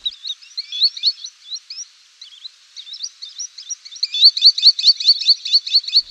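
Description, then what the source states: Green sandpiper giving rapid high twittering notes, irregular at first, then a fast rhythmic series of repeated ringing notes building toward the end. Saturday night at a breeding site north of Halle, a quasi-moor on man-made ground; courtship-like calling given only where they breed, nest and raise young.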